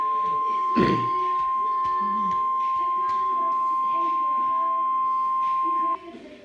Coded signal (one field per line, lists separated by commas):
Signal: Emergency Alert System (SAME) tones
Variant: 1050 Hz attention tone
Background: speech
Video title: EAS #42 Tornado Warning